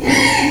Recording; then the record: squeal of a Yucatan mini pig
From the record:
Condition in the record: before surgery on the right vocal fold (resection and tissue-engineered implant); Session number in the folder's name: 2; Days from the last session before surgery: 0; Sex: male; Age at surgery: 12 weeks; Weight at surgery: 13 kg